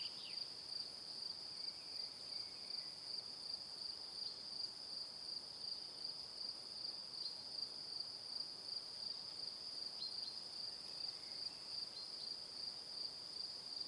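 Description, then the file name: Cricket chirping as a high trill broken into regular quick pulses, several per second, steady across the whole stretch over faint hiss. Crickets chirping in the evening. "Calm - Evening Crickets"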